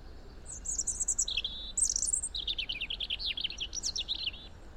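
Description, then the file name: European robin song, a rushed sequence of very high thin notes followed by a long tumbling chatter of quick varied notes. "Erithacus rubecula"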